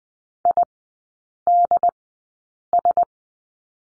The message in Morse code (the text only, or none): IDS